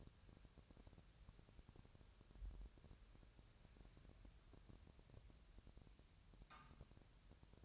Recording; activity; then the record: daily activity, microphone in the room; wipe stove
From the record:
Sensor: 2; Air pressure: 1000.4 hPa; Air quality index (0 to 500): 173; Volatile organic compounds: 3 ppm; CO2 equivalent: 1436 ppm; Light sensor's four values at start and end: 10/24/10/11 and 10/24/10/11